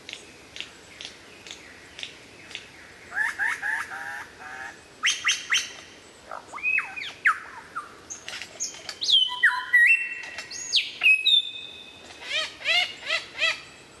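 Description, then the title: White-rumped shama song: scattered chirps and slurred notes building into bursts of varied whistles, long held tones and quick repeated phrases. Training recording for caged birds; from 2014. "mster Mnuk. Mastering Murai Batu"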